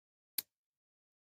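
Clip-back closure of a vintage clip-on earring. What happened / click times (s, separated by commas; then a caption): The clip-back snapped firmly shut / 0.4 s. The hinged clip-back of a vintage clip-on earring is snapped shut by hand, giving a single sharp, bright snap at 0.4 s that dies away within about a tenth of a second, followed by silence. The clip closes firmly and is not sprung, so it is still tight.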